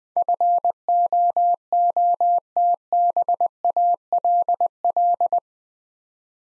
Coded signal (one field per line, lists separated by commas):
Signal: Morse code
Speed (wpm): 20 wpm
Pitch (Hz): 700 Hz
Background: none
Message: FOOTBALL